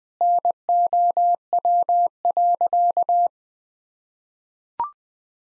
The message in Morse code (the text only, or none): NOW.